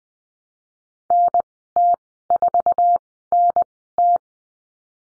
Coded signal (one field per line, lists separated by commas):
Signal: Morse code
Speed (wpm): 20 wpm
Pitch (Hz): 700 Hz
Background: none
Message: NT4NT